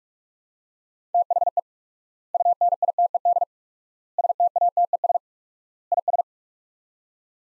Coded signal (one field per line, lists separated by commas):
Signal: Morse code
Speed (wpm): 44 wpm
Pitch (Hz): 700 Hz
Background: none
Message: THE UNITED STATES IS